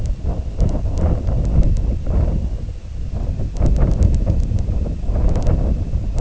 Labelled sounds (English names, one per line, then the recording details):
none
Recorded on Arctic tundra, site IGLO-D, on 19 June 2018
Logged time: 22:00